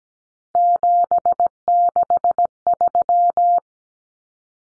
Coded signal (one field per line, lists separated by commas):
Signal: Morse code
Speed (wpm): 17 wpm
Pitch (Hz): 700 Hz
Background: none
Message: 763